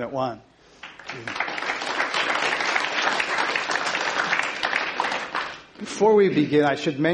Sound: applause

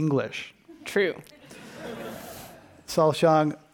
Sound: laughter

